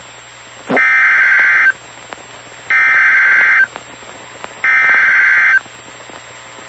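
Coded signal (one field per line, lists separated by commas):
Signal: Emergency Alert System (SAME) tones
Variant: header bursts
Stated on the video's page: EAS flash flood warning tones, stations including NOAA weather radio WXK 48 Chattanooga TN.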